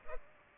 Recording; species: mosquito wingbeat signal from an infrared sensor; Culex pipiens